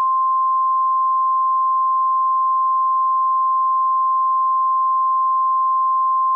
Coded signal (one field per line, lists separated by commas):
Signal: Emergency Alert System (SAME) tones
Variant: 1050 Hz attention tone